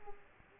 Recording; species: mosquito wingbeat signal from an infrared sensor; Aedes aegypti